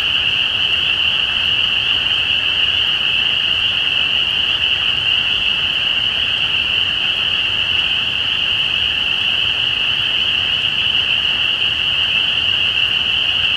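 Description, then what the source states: A chorus of spring peepers, many high clear peeps overlapping into one unwavering shrill band of sound. Recorded at Easter 2017.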